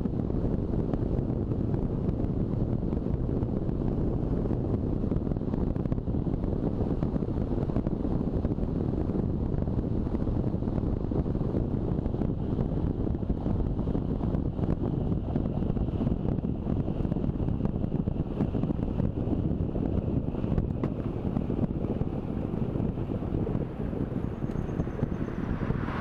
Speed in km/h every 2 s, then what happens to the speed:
43, 42, 41, 41, 39, 39, 37, 33, 31, 29, 27, 25, 24.
0-7 steady at about 41. 7-26 slows to 24.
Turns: none.